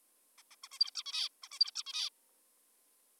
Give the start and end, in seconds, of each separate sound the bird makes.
0.38-0.42, 0.51-0.56, 0.64-0.68, 0.72-0.79, 0.80-0.91, 0.95-1.03, 1.06-1.29, 1.44-1.48, 1.52-1.59, 1.60-1.71, 1.76-1.83, 1.86-2.09